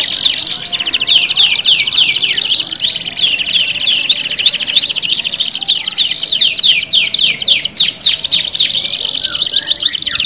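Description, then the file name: Canary singing without pause. Rapid buzzy trills alternate with short runs of clear whistled notes, all high-pitched and densely packed, sometimes at more than three notes per second. Standard canary song, made as an audio simulation of a singing contest. "audio-simulasi-lomba-kenari-standar 3-omkicau"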